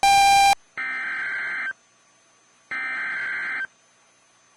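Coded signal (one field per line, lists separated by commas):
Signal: Emergency Alert System (SAME) tones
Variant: header bursts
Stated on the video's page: Tornado Warning received on NOAA Weather Radio.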